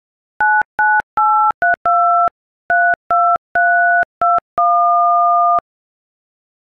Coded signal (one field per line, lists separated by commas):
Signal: DTMF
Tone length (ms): 280 ms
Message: 99832 32321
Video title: "Never mind i'll find someone like you (Adel song but on iPhone keypad)